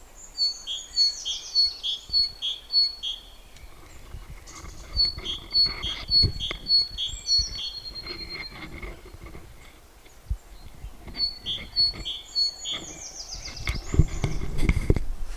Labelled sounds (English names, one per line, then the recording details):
Great Tit song
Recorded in the wild
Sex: male
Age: adult
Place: Prenden, Brandenburg, DE
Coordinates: 52.8347, 13.62
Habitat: wood
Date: 1992-03-07 13:50
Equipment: Aiwa HD-S1, Sennheiser ME 80, 1:1 Kopie
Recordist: Frommolt, Karl-Heinz